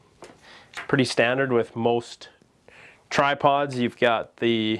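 A carbon leg of a Vortex Radian carbon tripod is handled at its angle adjustment while someone talks, with a brief faint sound near 0.2 s. The leg is headed for its default angle-lock detent stop, but nothing has seated or clicked into place yet.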